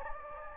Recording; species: mosquito wingbeat signal from an infrared sensor; Anopheles gambiae